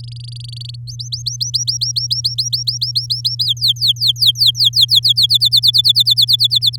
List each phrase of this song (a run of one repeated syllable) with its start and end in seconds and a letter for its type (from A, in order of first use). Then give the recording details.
0.00-0.76 A, 0.87-3.44 B, 3.45-5.26 C, 5.29-6.76 D. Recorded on 10 May 2018 at 14:15. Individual llb16